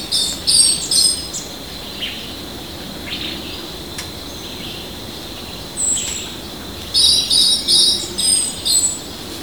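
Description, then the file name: Eastern slaty thrush giving thin, high, buzzy notes in short clusters at the start and end, over a steady insect drone. Recorded at Serrado do Lopo, Extrema, Minas Gerais, Brazil, 2011. "Turdus-subalaris 1 a-Serrado Lopo-Extrema-MG-5-11-11-ASilveira"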